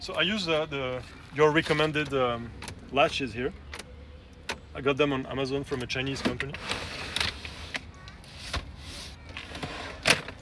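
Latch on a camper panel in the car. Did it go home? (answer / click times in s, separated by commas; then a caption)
yes / 10.1 s. A latch on a camper kit panel in a car is pushed shut while someone talks, with a series of small knocks and taps between about 3.7 and 9.4 seconds. A sharp click at 10.1 seconds marks the latch seating in place.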